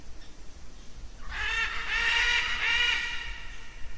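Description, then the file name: Military macaw calling with one drawn-out, rasping squawk of rich harmonics lasting about two seconds, over faint low background rumble. "canto da arara militar"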